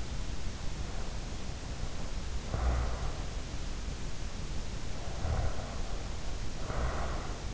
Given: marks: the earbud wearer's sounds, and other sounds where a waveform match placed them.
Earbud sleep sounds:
sounds in sleep by an in-ear microphone; breath
0.77-3.27 s: breath
4.89-7.53 s: breath

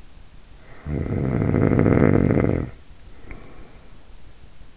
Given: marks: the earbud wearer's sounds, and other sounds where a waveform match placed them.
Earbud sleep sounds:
sounds in sleep by an in-ear microphone; snoring breath
0.51-3.77 s: snoring breath

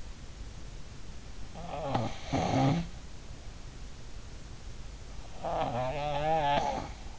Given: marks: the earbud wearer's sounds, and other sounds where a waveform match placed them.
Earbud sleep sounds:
sounds in sleep by an in-ear microphone; snoring breath
1.56-2.96 s: snoring breath
5.34-6.99 s: snoring breath

